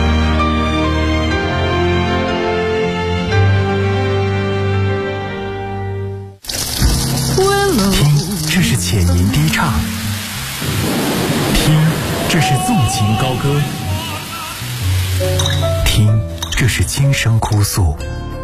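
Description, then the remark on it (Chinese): A sustained musical tone gives way abruptly to water running steadily from a tap, a continuous hissing splash that carries on to the end while someone talks over it. “随手关上水龙头，节约从身边小事做起。”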